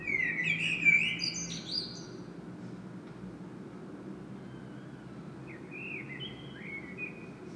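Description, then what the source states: Common blackbird song: a mellow fluted warble ending in thin squeaky twitters, then a quieter phrase after a pause, over steady low hum. Singing bird in Saint-Gilles, Belgium; recorded with a Sony PCM-M10 internal microphone.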